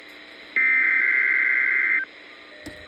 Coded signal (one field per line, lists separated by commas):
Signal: Emergency Alert System (SAME) tones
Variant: header bursts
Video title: RWT & SMW (EAS #5). KEC85 Savannah, GA on 162.400